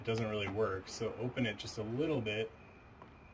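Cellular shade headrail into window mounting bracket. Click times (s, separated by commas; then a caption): 3.0 s. A cordless cellular shade, opened slightly, has its headrail pushed into the window mounting bracket clip while someone talks. Speech fills the first 2.5 seconds, then a short, faint click at 3.0 s marks the headrail seating in the bracket.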